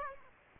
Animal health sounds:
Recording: mosquito wingbeat signal from an infrared sensor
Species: Aedes aegypti

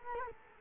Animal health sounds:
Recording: mosquito wingbeat signal from an infrared sensor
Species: Culex quinquefasciatus

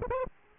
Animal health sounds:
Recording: mosquito wingbeat signal from an infrared sensor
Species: Aedes aegypti

